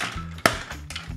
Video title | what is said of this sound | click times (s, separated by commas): Hello Carbot Pentastorm CHUG-Sized! 작아진 펜타스톰! (咖宝车神 重装巨人 HCL004) | and then four little clicks here | 0.5 s, 0.9 s